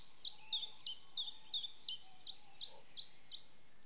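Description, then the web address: Common Chiffchaff song: a steady series of about ten high, sharp, down-slurred notes, roughly three per second, with slight alternation in pitch over faint low background noise. "loomad Linnud PHYCOL"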